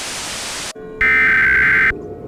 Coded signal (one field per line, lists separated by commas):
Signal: Emergency Alert System (SAME) tones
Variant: header bursts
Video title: The Devil's Awakening (An EAS Scenario)